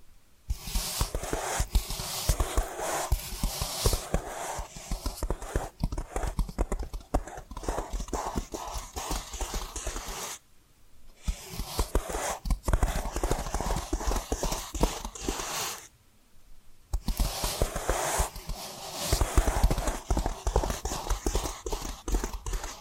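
Fast tapping and scratching run in dense, uneven bursts of crisp, bright clicks, with faint hollow knocks mixed in. The sound stops twice for about a second, near ten and sixteen seconds, then resumes at much the same pace and loudness.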